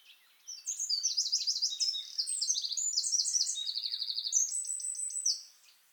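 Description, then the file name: Eurasian wren song, a rapid high jumble of sharp notes and trills, with a fast mechanical rattle midway, pouring out continuously for about five seconds. "Troglodytes troglodytes"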